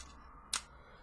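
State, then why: Seated. A small plastic winch on a transforming toy mech is pushed back after being pulled up. A single sharp click at 0.5 seconds marks the part snapping back into place. It is seated.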